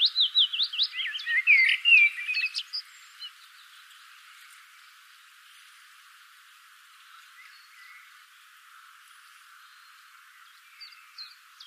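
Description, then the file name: Common blackbird singing a tumbling, warbled phrase with squeaky twitters in the opening three seconds, followed by a long stretch of only faint, scattered high chirps. "Turdus merula"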